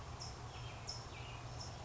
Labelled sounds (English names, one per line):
California Towhee